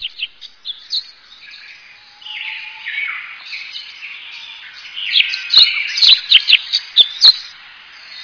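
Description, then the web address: Bird calls as sharp, high chirps and twitters, irregular at first, then louder clustered notes in the final seconds, with a few sharp clicks. Recorded in Higashiosaka, Japan. "higashiosaka bird koe"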